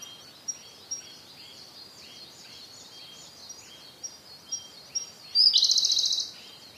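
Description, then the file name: Siberian blue robin song: a long run of soft introductory ticks, then a quick, loud trill of evenly spaced notes, over busy background birdsong. "koruri"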